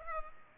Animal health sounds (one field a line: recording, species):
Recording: mosquito wingbeat signal from an infrared sensor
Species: Culex pipiens